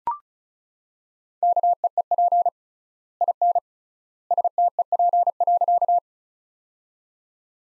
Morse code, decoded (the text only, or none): KEEP IN STEP.